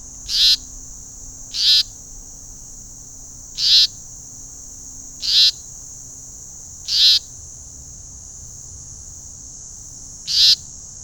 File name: Myiagra Rubecula